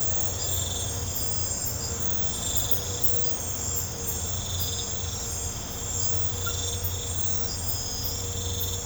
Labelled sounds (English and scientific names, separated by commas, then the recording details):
none
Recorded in pastures near Puerto Asís, Putumayo, Colombia, on 16 December 2024 at 01:00
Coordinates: 0.502, -76.324
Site G077